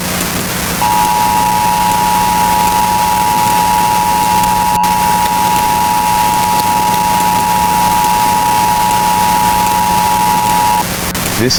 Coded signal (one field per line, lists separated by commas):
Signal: Emergency Alert System (SAME) tones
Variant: 853 and 960 Hz attention tone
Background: speech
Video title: EAS Required Monthly Test (11/19/24)